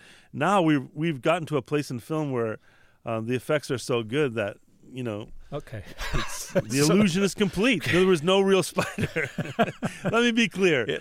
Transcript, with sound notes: Now we've gotten to a place in film where the effects are so good that, you know...
OK. It's...
...The illusion is complete. There was no real spider (laughter).
(Laughter).
Let me be clear.